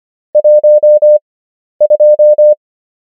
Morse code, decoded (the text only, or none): 12